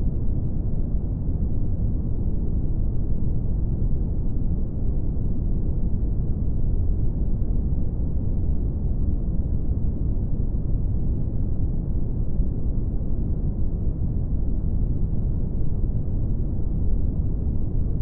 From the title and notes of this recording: Headspace Brown Noise.